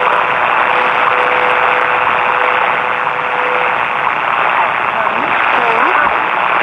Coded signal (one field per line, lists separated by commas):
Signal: radio time signal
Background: speech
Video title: WWV and WWVH, 10 MHz from San Francisco, California -- 2:39, 17 Apr 2020 (UTC)